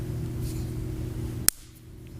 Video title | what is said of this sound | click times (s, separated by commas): How to fix a broken chain | can hear it snap through there, and I just keep pushing, and that's just going to push that pin | 1.5 s